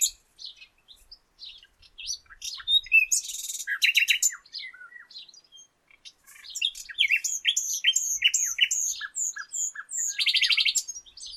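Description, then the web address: Common nightingale song of varied chattering phrases and a dense buzzy burst, a short silence, then more rapid chirps, trills and another buzzy rattle. "pub SETE data Luscinia megarhynchos"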